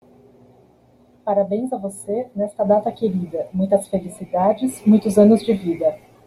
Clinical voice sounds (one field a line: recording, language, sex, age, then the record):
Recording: short text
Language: Brazilian Portuguese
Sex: female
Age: 30 to 39 years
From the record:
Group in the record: control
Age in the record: 34 years